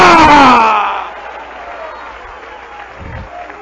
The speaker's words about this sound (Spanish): Denle un aplauso al cielo, aplauso a Jehová.